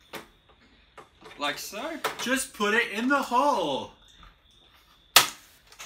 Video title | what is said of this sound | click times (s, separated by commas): Unboxing the K272HLE | solid click also has the visor mount on the back so if you do have one | 5.2 s